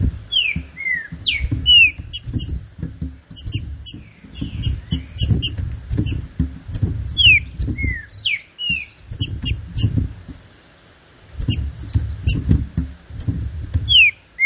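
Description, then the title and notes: Green-winged saltator song of repeated falling whistled notes in short phrases, mixed with busy high chirping and low knocking sounds. Classic song style of the green-winged saltator, presented for training. "Canto Clássico Trinca Ferro TREINAMENTO. trinca fero"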